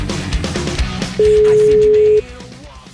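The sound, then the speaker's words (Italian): A telephone line tone sounds once as a steady, pure mid-pitched beep lasting about a second, loud against soft background rumble and a few low thumps. It comes at the start of a phone call made by Massimo Carminati. “Ma per una straordinaria telefonata, una meravigliosa telefonata alla contessa De Blanc.”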